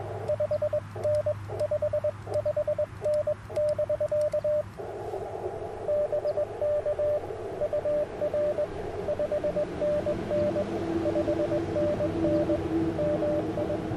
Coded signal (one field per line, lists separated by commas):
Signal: Morse code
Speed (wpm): 22 wpm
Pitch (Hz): 590 Hz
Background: radio noise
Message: 5N 55N <BK> BK UR 5NN 5NN MI